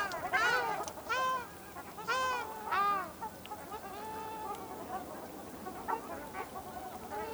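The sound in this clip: Ruddy shelduck with a few strong nasal honks in the first three seconds, then softer, fainter calls trailing off into a quiet background.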